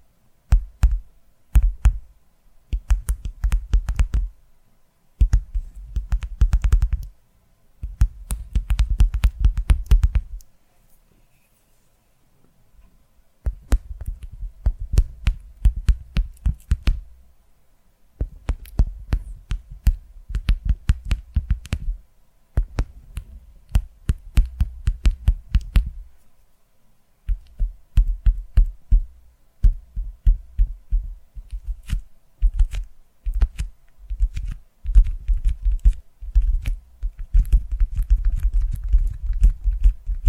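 Rapid tapping comes in bursts of a few seconds each, separated by short silent gaps. The taps are dense and quick, with a heavy low thump under each and a lighter crisp click on top, and the bursts return steadily across the whole stretch.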